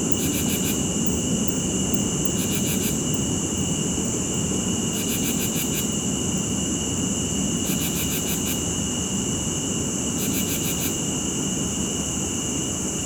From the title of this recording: The Crickets Come Out at Night